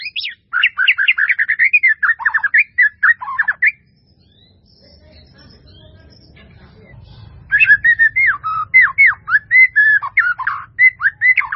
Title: murai batu